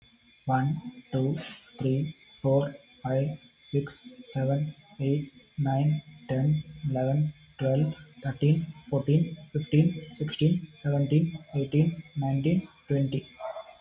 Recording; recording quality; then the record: counting at a normal pace; moderate, slight background noise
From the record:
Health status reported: healthy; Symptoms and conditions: none ticked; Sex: male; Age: 30 years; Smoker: not ticked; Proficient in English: yes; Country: India